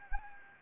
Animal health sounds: mosquito wingbeat signal from an infrared sensor; Anopheles gambiae

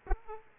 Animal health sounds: mosquito wingbeat signal from an infrared sensor; Aedes aegypti

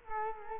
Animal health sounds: mosquito wingbeat signal from an infrared sensor; Culex quinquefasciatus

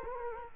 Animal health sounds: mosquito wingbeat signal from an infrared sensor; Culex quinquefasciatus

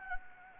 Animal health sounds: mosquito wingbeat signal from an infrared sensor; Anopheles gambiae

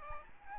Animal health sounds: mosquito wingbeat signal from an infrared sensor; Aedes albopictus

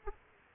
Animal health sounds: mosquito wingbeat signal from an infrared sensor; Aedes aegypti

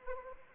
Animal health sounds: mosquito wingbeat signal from an infrared sensor; Anopheles arabiensis

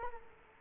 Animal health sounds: mosquito wingbeat signal from an infrared sensor; Culex quinquefasciatus

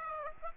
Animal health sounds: mosquito wingbeat signal from an infrared sensor; Aedes aegypti

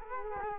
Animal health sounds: mosquito wingbeat signal from an infrared sensor; Culex quinquefasciatus

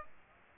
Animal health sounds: mosquito wingbeat signal from an infrared sensor; Aedes aegypti

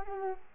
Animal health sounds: mosquito wingbeat signal from an infrared sensor; Culex quinquefasciatus

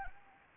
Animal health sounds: mosquito wingbeat signal from an infrared sensor; Anopheles gambiae

